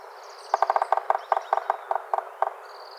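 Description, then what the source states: Yellow-bellied sapsucker drumming, starting with a rapid roll and breaking into uneven, spaced double taps. Drumming, five times.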